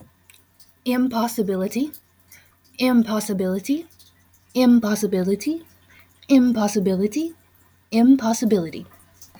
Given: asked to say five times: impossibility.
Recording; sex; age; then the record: repeated word; female; 20 to 29 years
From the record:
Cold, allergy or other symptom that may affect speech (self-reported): no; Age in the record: 24 years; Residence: Arkansas, United States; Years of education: 13